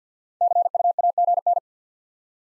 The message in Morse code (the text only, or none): CUAGN